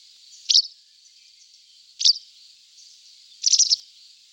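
White wagtail calling: two brief, sharp high chirps spaced about a second and a half apart, followed by a fast stuttering burst of notes, with light background hiss.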